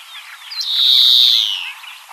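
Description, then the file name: European greenfinch wheeze: one long, nasal, buzzy note held for about a second, swelling then fading, with faint chirps in the background. "Chloris chloris"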